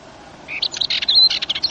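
Dartford warbler singing one brief, rapid, grating phrase of dry chattering notes with a few thin high whistles.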